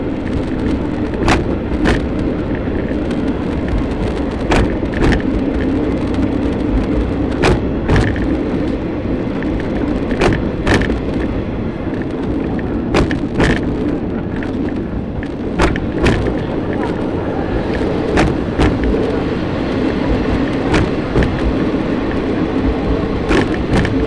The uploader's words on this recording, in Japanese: 予土線しまんトロッコ2号 江川崎→土佐大正。8割方トロッコ車両は埋まっていました。案内人の話を聞きながらのんびりと走っていきますが、トンネル区間が多いので結構轟音だらけになります。また意外と風が冷たいです。